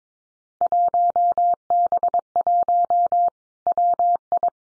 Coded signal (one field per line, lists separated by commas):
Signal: Morse code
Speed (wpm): 22 wpm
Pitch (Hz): 700 Hz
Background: none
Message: 1B1 WI